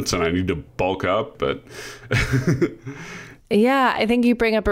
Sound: chuckles